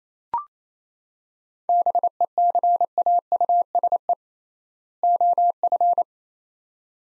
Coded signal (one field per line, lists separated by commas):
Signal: Morse code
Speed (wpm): 28 wpm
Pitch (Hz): 700 Hz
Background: none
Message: BECAUSE OF